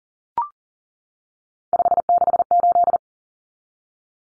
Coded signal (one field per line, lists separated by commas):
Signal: Morse code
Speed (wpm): 40 wpm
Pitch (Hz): 700 Hz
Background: none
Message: 568